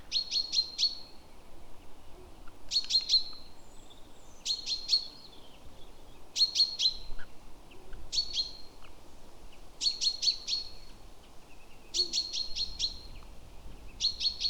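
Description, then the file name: Great tit repeating rapid clusters of three or four bright, clipped high notes, groups coming every one and a half to two seconds, steady faint hiss below. "Parus major"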